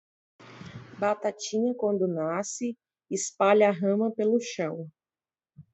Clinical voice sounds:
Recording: short text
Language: Brazilian Portuguese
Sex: female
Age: 30 to 39 years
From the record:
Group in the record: control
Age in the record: 35 years

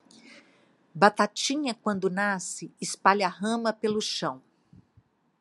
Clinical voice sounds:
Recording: short text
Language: Brazilian Portuguese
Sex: female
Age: 60 to 69 years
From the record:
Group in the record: control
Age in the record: 60 years

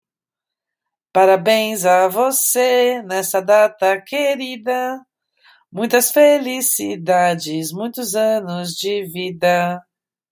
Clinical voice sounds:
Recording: short text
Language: Brazilian Portuguese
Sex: female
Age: 40 to 49 years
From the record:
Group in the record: control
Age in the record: 40 years

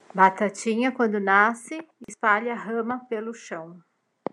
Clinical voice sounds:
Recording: short text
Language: Brazilian Portuguese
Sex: female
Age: 50 to 59 years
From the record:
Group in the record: control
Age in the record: 53 years

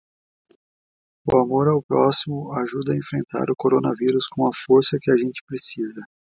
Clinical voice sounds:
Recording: spoken sentence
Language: Brazilian Portuguese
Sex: male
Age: 30 to 39 years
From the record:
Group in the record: control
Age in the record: 34 years

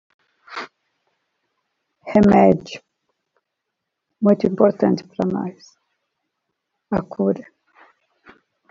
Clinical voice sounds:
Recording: short text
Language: Brazilian Portuguese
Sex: female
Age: 50 to 59 years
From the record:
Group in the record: control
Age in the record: 59 years

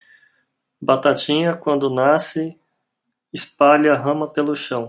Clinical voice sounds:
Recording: short text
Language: Brazilian Portuguese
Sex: male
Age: 30 to 39 years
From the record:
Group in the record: control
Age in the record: 37 years

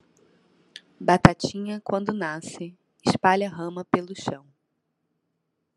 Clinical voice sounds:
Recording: short text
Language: Brazilian Portuguese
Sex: female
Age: 30 to 39 years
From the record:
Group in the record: control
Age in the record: 32 years

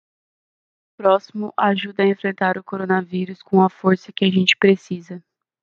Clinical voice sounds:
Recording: spoken sentence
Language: Brazilian Portuguese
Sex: female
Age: 18 to 19 years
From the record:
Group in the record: control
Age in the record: 18 years

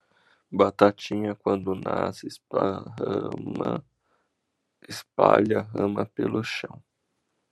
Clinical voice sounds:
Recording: short text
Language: Brazilian Portuguese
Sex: male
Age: 20 to 29 years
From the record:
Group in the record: control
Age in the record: 26 years

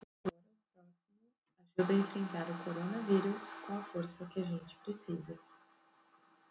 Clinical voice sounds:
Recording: spoken sentence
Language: Brazilian Portuguese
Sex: female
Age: 20 to 29 years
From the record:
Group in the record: control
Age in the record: 23 years

